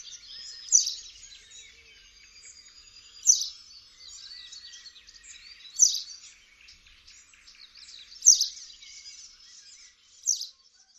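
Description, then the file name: White wagtail calls: bright, sharp twittering notes repeated about every two and a half seconds, with thin high chatter between them and steady background hiss. "Pliszka siwa"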